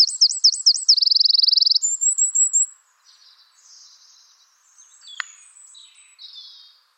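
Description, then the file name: Eurasian wren song ending: sharp looping notes, a fast dry trill and a thin high twitter, then quiet with faint birdsong. "Troglodytes troglodytes"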